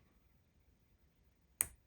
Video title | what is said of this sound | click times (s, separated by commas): MEGA Pokemon Tyranitar Set Build! | I don't know this one didn't click as good as the other one but | 1.6 s